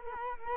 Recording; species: mosquito wingbeat signal from an infrared sensor; Culex quinquefasciatus